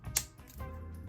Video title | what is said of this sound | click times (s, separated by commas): How to Draw and Color a Mandala | also make sure you close all of your marker caps you should hear it click close like this | 0.2 s